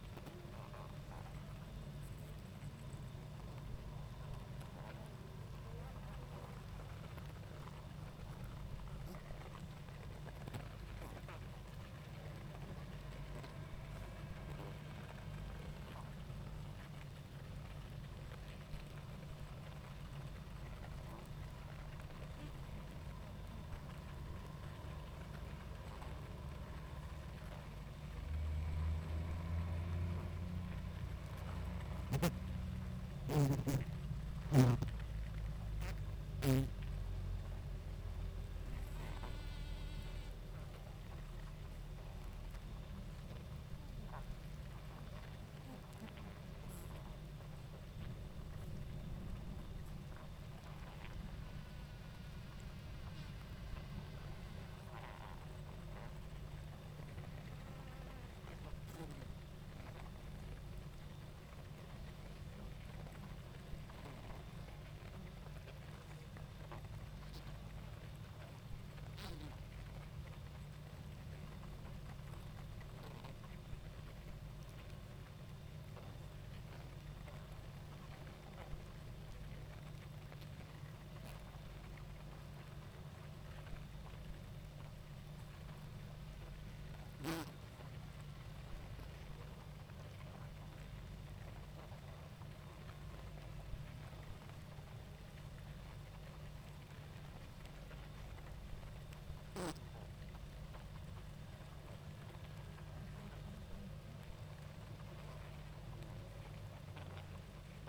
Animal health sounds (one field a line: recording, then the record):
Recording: honeybee colony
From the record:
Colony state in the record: active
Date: 28 July 2017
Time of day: 19:53